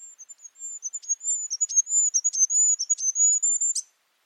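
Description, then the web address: Bird song: a continuous, very high, thin whistle that wavers up and down, punctuated by short clicking notes and a final sharp burst. "Bird Only"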